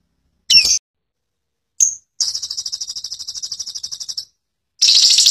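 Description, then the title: Lovebird gives two sharp high chirps, then a long fast chattering run of buzzy notes, followed by another dense chatter at the end. Ngekek style: long chattering call of a lovebird. "Love Bird Latah Ngekek Cililin Panjang Mantab"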